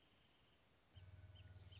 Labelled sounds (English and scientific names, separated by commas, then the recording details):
Wrentit (Chamaea fasciata)
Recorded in Sonoma County, California